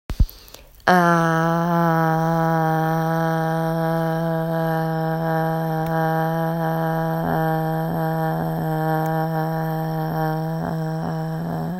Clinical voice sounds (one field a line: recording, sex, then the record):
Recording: sustained vowel /a/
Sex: female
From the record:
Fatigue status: fatigue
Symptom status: symptomatic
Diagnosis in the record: COVID-19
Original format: m4a